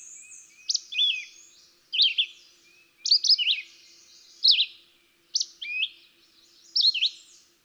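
Red-eyed Vireo song: a series of brief whistled phrases with varied inflections, separated by short gaps, set against faint background hiss.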